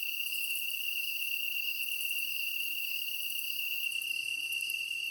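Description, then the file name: Kantan tree cricket trills steadily without pause, while another insect adds short clusters of sharp high ticks at intervals. Recorded on 23 August 2010 at 21:22. "kantan-20100823-2122"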